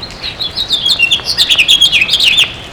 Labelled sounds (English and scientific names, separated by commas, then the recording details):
House Finch (Haemorhous mexicanus) song
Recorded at Baldwin on Long Island, New York, on 28 May 2013
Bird H